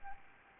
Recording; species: mosquito wingbeat signal from an infrared sensor; Anopheles gambiae